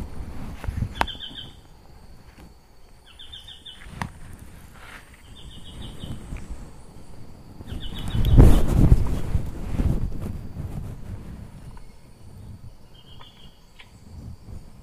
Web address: Tacarcuna tapaculo. صدای-پرنده-تپلک-پانامایی